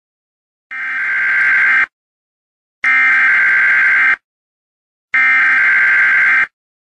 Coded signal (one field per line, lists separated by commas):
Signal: Emergency Alert System (SAME) tones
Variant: header bursts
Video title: Eas alert only on tv